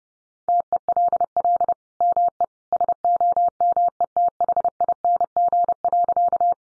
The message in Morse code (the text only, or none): TELL ME SOMETHING.